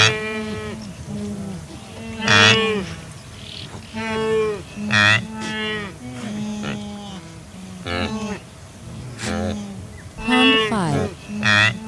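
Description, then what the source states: Wildebeest herd calling, many overlapping nasal grunts and honking moans, some short and clipped, others longer and wavering, with several loud peaks. Adult animals.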